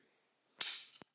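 A Duke #1 coil spring trap, modified for mink and set on a light night latch, is touched so that its hair-trigger pan releases from the dog. A loud, sharp metal snap rings out at 0.6 s, followed by a smaller rattle near 1.0 s as it settles. The trap fires from only a light touch.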